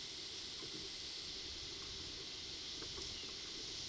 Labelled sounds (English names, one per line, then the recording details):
none
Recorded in pastures near Puerto Asís, Putumayo, Colombia, on 20 February 2024 at 16:00
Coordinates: 0.497, -76.327
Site G7276